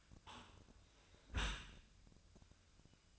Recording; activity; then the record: daily activity, microphone in the room; close dishwasher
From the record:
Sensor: 2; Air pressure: 1002.9 hPa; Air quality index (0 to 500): 199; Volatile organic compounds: 6 ppm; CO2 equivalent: 1892 ppm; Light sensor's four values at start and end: 14/34/14/16 and 14/34/14/16